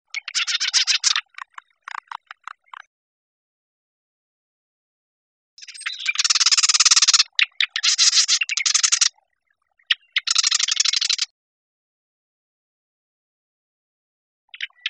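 Marsh wren giving harsh, fast stuttering rattles in three bursts separated by pauses, with one short note at the end.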